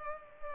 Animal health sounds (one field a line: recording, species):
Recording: mosquito wingbeat signal from an infrared sensor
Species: Culex pipiens